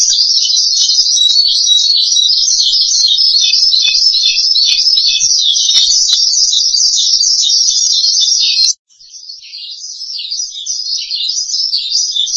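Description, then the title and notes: Starling song: a continuous high chattering warble that cuts off abruptly, then resumes softer and grows louder again. "suara burung jalak"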